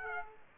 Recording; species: mosquito wingbeat signal from an infrared sensor; Aedes aegypti